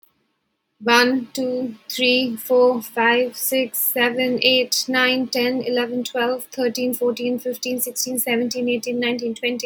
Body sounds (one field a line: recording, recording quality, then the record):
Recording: counting at a normal pace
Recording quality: excellent, no background noise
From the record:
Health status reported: healthy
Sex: female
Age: 35 years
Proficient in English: yes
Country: India